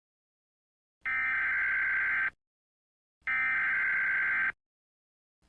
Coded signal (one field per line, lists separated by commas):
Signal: Emergency Alert System (SAME) tones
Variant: header bursts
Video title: [EAS] 10:42: A Real-Time Nuclear Attack Simulation